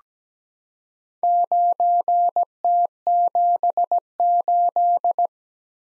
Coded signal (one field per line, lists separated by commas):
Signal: Morse code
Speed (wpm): 17 wpm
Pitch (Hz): 700 Hz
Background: none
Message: 9T78